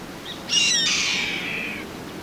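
Bird call: a single loud, grating screech that starts abruptly and trails off over about a second, with faint background hiss.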